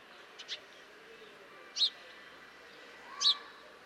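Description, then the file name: House sparrow chirps: two short sharp cheeps about a second and a half apart, preceded by faint high ticks, over steady background hiss. "Passer domesticus"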